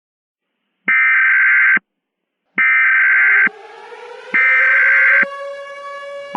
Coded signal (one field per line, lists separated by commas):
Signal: Emergency Alert System (SAME) tones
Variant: header bursts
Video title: Eas in Popular Culture: Infinite Tsukuyomi